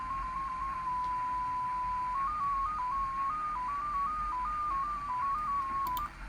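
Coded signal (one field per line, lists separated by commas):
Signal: numbers station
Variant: XPA2, 14-tone MFSK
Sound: a single pure tone hopping between nearby pitches in a slow, irregular melody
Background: radio static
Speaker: for those of you that have never heard XPA2 before, it sounds like this.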